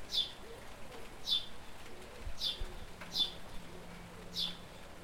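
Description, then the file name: House sparrow chirping: five short, sharp, high chirps spaced about a second apart over a low, steady background hum. "Passer domesticus"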